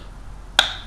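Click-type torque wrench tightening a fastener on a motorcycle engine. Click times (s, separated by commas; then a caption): 0.6 s, 0.9 s. A click-type torque wrench, set to the service-manual value, tightens a fastener on the engine of a 2009 GSX-R 750 motorcycle during an oil and filter change. After a faint quiet background, sharp clicks ring out at 0.6 s and 0.9 s, each leaving a bright metallic ring around 3–4 kHz. The wrench clicks at its setting, confirming the fastener has reached the correct torque.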